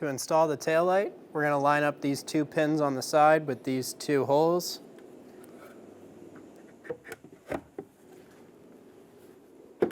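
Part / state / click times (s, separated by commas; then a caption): tail light housing going into the rear body of an SUV / not seated / none. Someone talks while holding the plastic tail light assembly of a 2003-2008 Honda Pilot against the SUV's rear body, lining up its two side pins with the two holes. After the talking stops, there is a quiet stretch with a few faint taps and rustles of handling. The assembly has not been pushed in, and nothing has seated or clicked yet.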